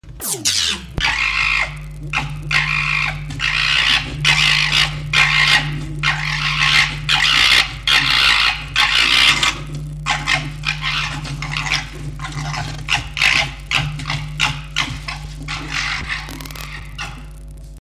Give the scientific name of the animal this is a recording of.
Vulpes vulpes